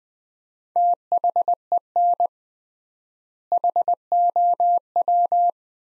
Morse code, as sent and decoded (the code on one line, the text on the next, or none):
- .... . -. / .... --- .--
THEN HOW